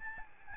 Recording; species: mosquito wingbeat signal from an infrared sensor; Aedes albopictus